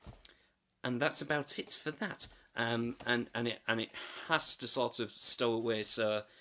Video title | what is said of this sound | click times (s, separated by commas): Mattel Jurassic Park Chaos Theory Dr. Ian Malcolm! (Twitch Stream 77) | And the door flap is actually movable, and it locks in place there. | 0.2 s